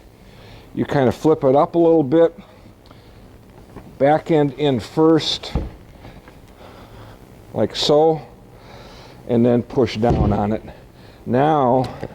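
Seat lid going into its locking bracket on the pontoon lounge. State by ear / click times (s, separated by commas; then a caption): not seated / none. On a Barletta L25UC Ultra Lounge pontoon boat, a seat lid is flipped up slightly and its back end set in first, lining it up with its locking bracket on the lounge before it is pushed down. Someone talks throughout, with a few faint brief knocks between phrases. Nothing has seated or clicked yet.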